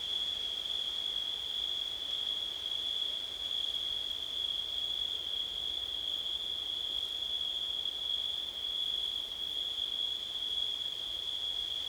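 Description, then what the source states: Continuous, even cricket trilling at a single high pitch without pauses. Crickets and wind on a September night.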